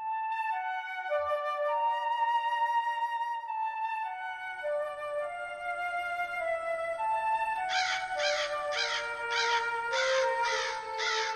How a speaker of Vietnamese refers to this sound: Tiếng quạ kêu ngoài sân ai oán, như trách than điều chi oan uổng, khiến cho Mạnh không sao chợp mắt được.